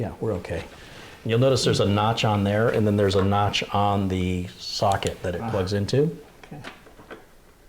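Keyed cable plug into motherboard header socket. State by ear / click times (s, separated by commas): seated / 6.4 s, 7.1 s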